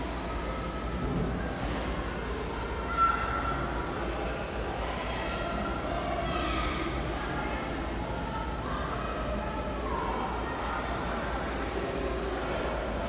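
Mall ambience: a steady, dense murmur of faint overlapping talk with a low rumble underneath. Brief tonal snatches, perhaps of music, drift in and out, and a short sharp click stands out around three seconds. The level stays even throughout.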